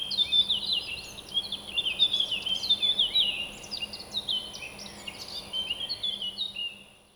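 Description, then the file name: Birds singing, several overlapping high chirps and short whistled phrases in a continuous busy chorus, with a faint steady hum underneath. Birds at dawn in Alvalade. "Passaros madrugada Alvalade"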